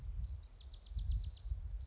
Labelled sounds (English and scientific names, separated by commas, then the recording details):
Bewick's Wren (Thryomanes bewickii)
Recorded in Sonoma County, California